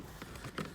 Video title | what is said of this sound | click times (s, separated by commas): How to Remove SRS Airbag Control Module & Seat Belts on Chevrolet Spark 2015-2019 - MyAirbags | Go on the other side with your fingers, and you can start popping the rest off. | 0.2 s, 0.6 s